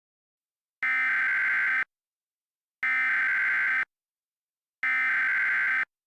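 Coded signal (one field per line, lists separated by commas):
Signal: Emergency Alert System (SAME) tones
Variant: header bursts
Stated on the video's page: Fictional EAS scenario using valid EAS tones.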